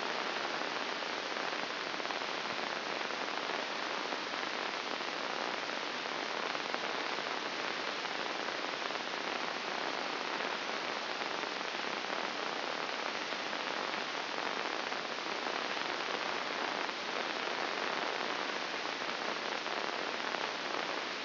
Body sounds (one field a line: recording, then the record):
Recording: brain microelectrode recording played as sound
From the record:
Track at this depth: inside the subthalamic nucleus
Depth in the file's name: 6.261 mm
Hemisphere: left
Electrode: 2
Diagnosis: Parkinson's disease